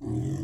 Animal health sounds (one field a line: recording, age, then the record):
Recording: pig call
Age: weaner (32 to 43 days)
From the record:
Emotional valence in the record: negative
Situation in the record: negative conditioning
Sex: female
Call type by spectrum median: low-frequency call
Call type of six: low-frequency stable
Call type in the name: low-frequency stable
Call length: 0.43 s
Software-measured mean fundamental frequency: 41 Hz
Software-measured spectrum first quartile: 123 Hz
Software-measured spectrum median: 207 Hz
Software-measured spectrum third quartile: 359 Hz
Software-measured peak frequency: 121 Hz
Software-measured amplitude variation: 146 dB a second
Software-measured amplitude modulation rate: 32.4 a second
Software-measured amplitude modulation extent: 4.5 dB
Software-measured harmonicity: 1.3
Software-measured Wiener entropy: -0.39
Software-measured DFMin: 1489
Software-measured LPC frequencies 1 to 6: 282, 1899, 3346, 4645, 6023, 7496 Hz